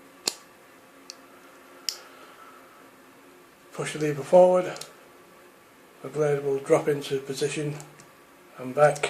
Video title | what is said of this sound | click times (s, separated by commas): Video 2 shave testing a Wilkinson Empire 7 day set | click it into place you can hear it click possibly | 0.3 s, 1.9 s